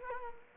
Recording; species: mosquito wingbeat signal from an infrared sensor; Culex quinquefasciatus